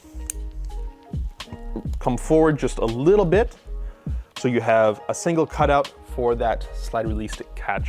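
A Valken S&W 1911 airsoft pistol has its slide pulled fully back while the slide release is pressed up into its cutout to lock the slide open. A sharp metallic click at 0.3 s marks the slide stop catching the slide notch and locking it in place. After that, someone talks.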